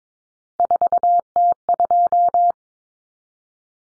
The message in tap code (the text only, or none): none